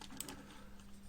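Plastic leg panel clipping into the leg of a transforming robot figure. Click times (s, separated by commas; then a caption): 0.2 s. A plastic leg panel is clipped into the leg of a Perfect Effect PE-DX10 Jetforce Revive Commander (Optimus Prime Jetwing) transforming robot figure as it is brought round and pressed in at several points. Short plastic clicks sound over a steady low hum, and the panel seats with the sharpest click at 0.2 s, flanked by lighter clicks just before and after.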